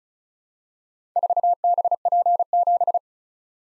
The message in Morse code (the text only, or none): 4BP7